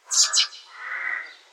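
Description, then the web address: Bird call: two quick, bright high chirps followed by a longer, lower note that fades out, with no other sounds. "musicradar outdoor-samples Birds"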